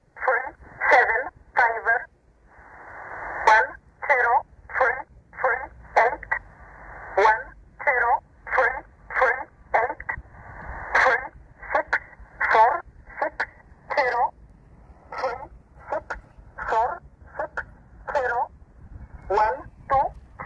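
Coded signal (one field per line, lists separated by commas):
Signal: numbers station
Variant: E11 Oblique, English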